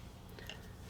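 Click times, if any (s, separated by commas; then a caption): 0.5 s. A 3D-printed plastic phone-mount dash anchor with an expansion screw is slid into the gap behind the center display of a Rivian R1T/R1S (Gen1 and Gen2). A faint tick at about 0.4 s comes just before a sharp click at 0.5 s, over low steady background noise, as the anchor seats in place.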